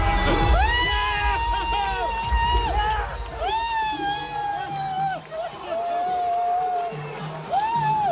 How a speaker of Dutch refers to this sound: welk land is dit wat we horen zingen? Maar dat heeft niks met het Songfestival te maken.